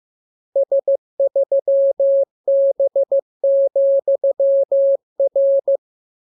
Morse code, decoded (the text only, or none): S3B,R